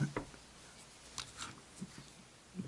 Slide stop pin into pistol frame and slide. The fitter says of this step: push it in place locks in place you're all good